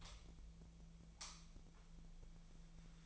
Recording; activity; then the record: daily activity, microphone in the room; light on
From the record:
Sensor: 1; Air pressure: 1009.8 hPa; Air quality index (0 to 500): 191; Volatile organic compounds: 18 ppm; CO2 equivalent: 2614 ppm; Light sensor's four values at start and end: 35/90/38/45 and 47/134/55/62